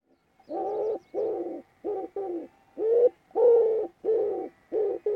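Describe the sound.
Bird calling in a run of low, hoarse notes, each under half a second long, repeated in quick succession with brief pauses.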